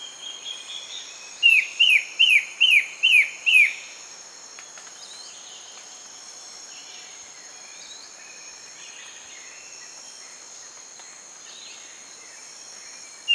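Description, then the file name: Bird calls: a fast burst of six sharp, descending chirps early on, then mostly a steady high insect drone with faint notes. "SABIOD 50 bird 2015"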